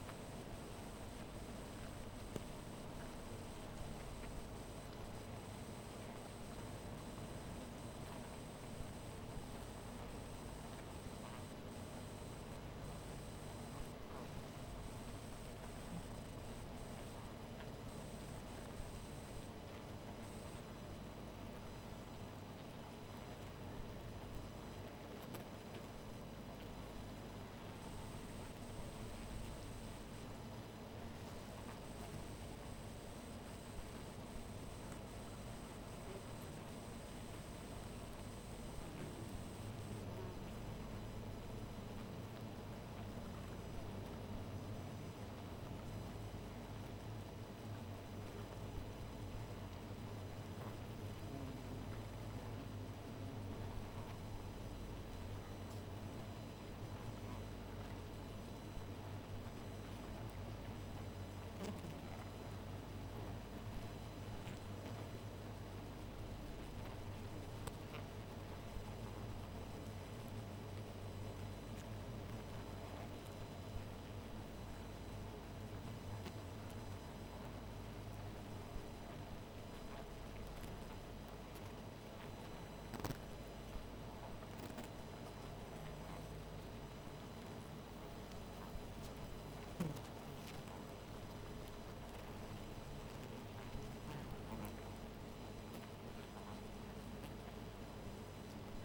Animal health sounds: honeybee colony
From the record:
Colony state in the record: missing queen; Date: 14 July 2017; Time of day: 2:40

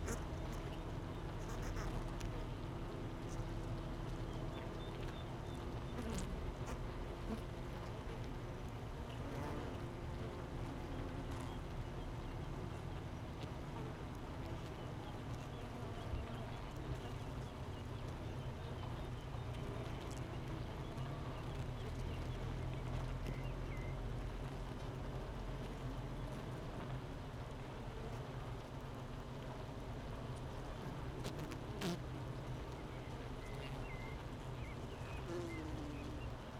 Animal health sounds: honeybee colony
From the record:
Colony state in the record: missing queen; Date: 31 May 2018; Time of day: 8:42

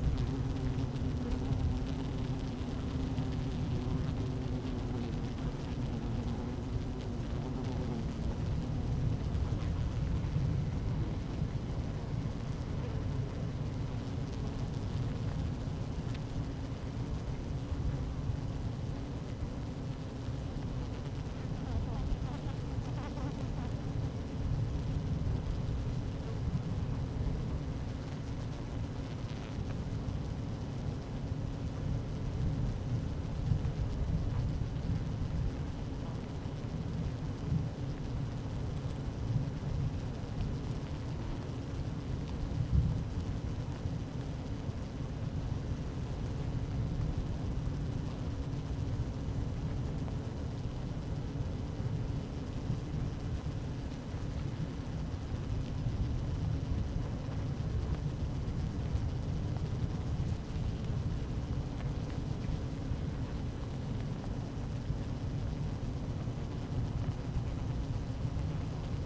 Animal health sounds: honeybee colony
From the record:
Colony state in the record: active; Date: 12 June 2018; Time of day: 12:06

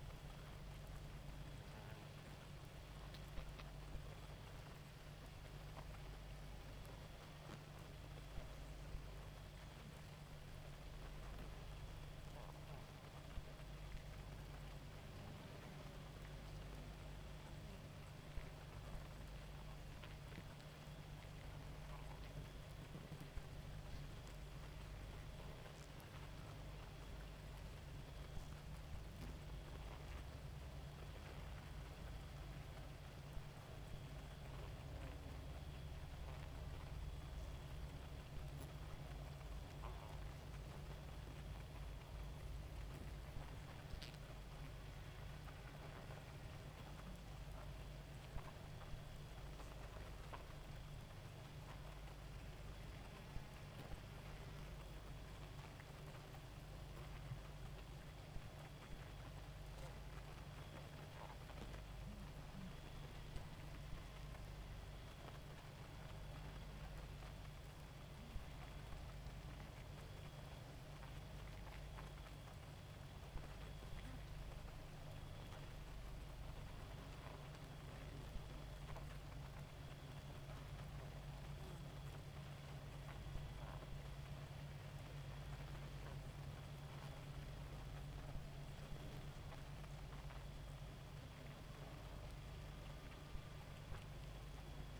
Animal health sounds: honeybee colony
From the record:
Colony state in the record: active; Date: 28 July 2017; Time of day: 2:11

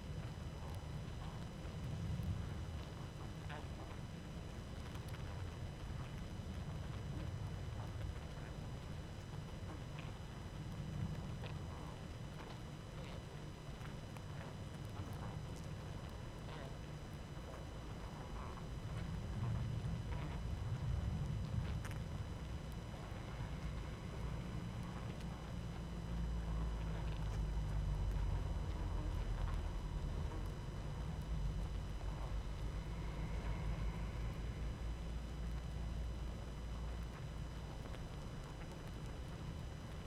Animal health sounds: honeybee colony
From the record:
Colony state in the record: active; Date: 12 June 2018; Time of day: 19:15

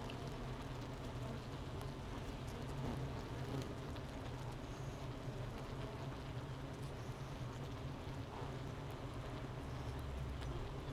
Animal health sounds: honeybee colony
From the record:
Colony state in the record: missing queen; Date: 31 May 2018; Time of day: 9:35

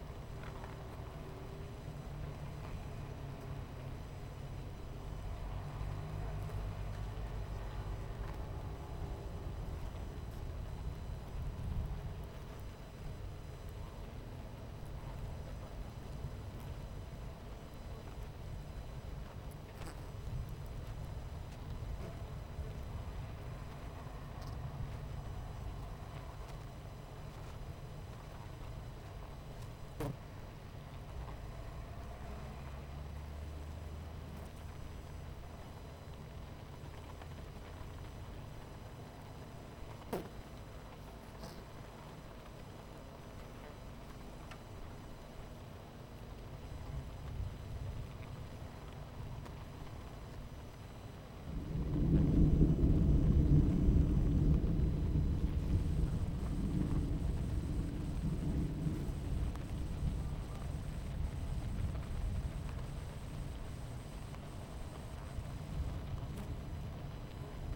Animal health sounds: honeybee colony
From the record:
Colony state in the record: missing queen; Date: 14 July 2017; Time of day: 11:17

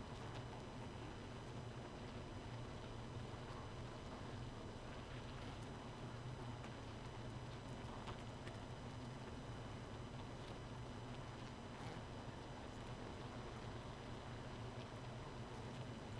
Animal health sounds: honeybee colony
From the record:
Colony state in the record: missing queen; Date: 31 May 2018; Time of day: 0:10

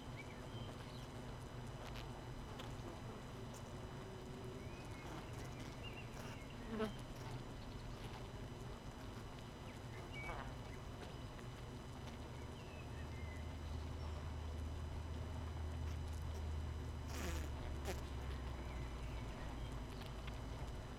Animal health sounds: honeybee colony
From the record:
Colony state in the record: missing queen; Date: 31 May 2018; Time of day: 18:52

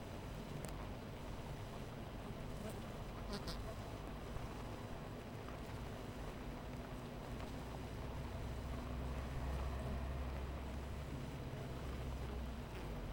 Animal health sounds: honeybee colony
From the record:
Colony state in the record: missing queen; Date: 14 July 2017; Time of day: 12:21

